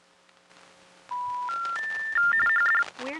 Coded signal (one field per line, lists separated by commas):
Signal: telephone call progress tone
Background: speech, music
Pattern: special information tone